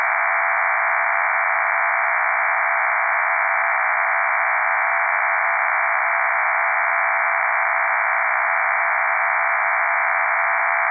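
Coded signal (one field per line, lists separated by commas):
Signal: MT63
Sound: steady dense warbling hiss confined to a midrange band, unchanging for eleven seconds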